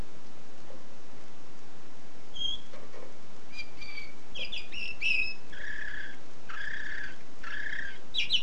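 Canary song: a few sparse high notes, then buzzy rolls and trilled phrases over steady background hiss.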